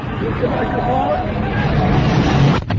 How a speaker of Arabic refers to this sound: الزحمة دي. خلاص السيارات ان شاء الله